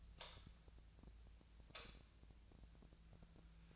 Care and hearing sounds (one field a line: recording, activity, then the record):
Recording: daily activity, microphone in the room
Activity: light on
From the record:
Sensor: 2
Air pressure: 1009.7 hPa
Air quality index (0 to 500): 181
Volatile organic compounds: 11 ppm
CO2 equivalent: 2267 ppm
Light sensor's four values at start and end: 30/72/31/35 and 34/85/37/40